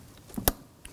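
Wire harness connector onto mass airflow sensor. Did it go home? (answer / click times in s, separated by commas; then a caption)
yes / 0.5 s. A plastic electrical connector on the mass airflow sensor wire harness of a 2005-2009 Subaru Legacy 2.5L H4 is routed around and pushed onto the sensor. A few faint taps lead up to one sharp, bright click at 0.5 s as the connector snaps in and engages, followed by a couple of small ticks. The connector is seated.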